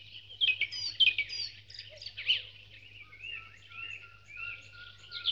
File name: Spectacular Sound Effects - Birds Dawn Chorus